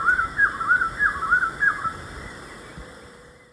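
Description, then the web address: Rufous-breasted wood quail giving quick rhythmic whistled phrases that rise and fall, several in rapid succession, then fading to a steady background hiss. Recorded in Ecuador. "Birds of Ecuador. Rufous-breasted Wood-Quail"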